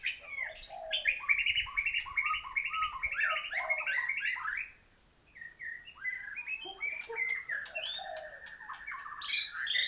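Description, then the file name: White-rumped shama pouring out a long rapid run of varied whistled notes, then a brief pause before another buzzy, rattling phrase. Thailand. "murai thailand"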